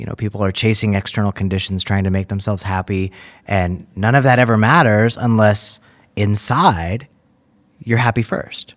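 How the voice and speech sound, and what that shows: Fluent, low-pitched adult male conversational speech with clear voicing and natural pauses; an ordinary voice.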